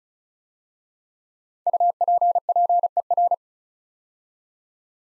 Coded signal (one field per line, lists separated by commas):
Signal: Morse code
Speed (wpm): 36 wpm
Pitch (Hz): 700 Hz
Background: none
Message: UPPER